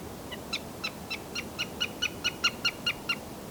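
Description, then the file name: Eurasian jay calling, a quick series of clear, ringing notes over a soft background hiss. "Garrulus glandarius"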